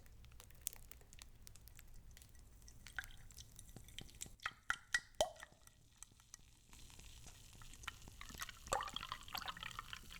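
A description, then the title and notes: Wet eating sounds of chicken balls and beef: irregular sticky clicks and smacks, a burst around five seconds, louder crunching near nine. Eating Chinese Chicken Balls & Szechuan Beef Eating Sounds (SUPER TINGLY MUKBANG).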